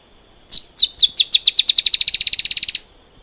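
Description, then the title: Dusky-tailed antbird song, a run of high buzzy notes that begin slowly and speed up into a fast, steady chatter before stopping abruptly. "LuckyPassaro Completos2Sama. Dusky-tailed Antbird (Drymophila malura)"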